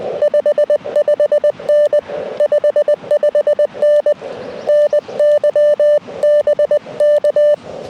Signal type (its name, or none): Morse code